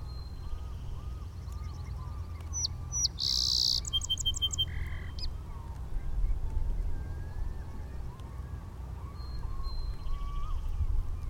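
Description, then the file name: Song sparrow song rises out of loud low rumble: clipped lead-in notes, an intense buzz, a fast repeated trill and a brief lower buzzy ending, with faint trills before and after. Recorded at Inner Point in 2012. "SOSP Inner Point"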